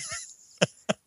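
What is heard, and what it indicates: Two short, sharp coughs from an adult man come about a third of a second apart. They follow a brief trailing voice sound and a faint hiss. These are plain, dry-sounding single coughs, with no wheeze or rattle.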